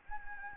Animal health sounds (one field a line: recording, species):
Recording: mosquito wingbeat signal from an infrared sensor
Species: Anopheles gambiae